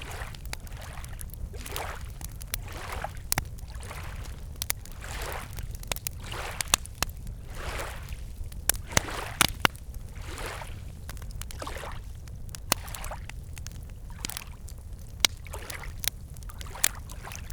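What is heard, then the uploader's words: A campfire crackles beside a lake, with sharp, close pops and snaps scattered irregularly and clustering around the middle. Beneath them, water laps in a steady rhythm of soft swishes about once a second, over a constant low rumble. Campfire by the Lake.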